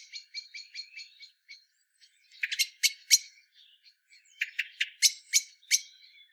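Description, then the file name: Common blackbird starts with a soft even run of ticking notes, then breaks into louder, sharper chinking bursts. "Turdus merula"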